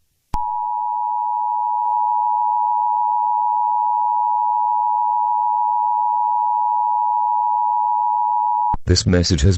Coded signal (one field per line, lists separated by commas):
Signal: Emergency Alert System (SAME) tones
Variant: 853 and 960 Hz attention tone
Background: speech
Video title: SCP Containment Breach, EAS Scenario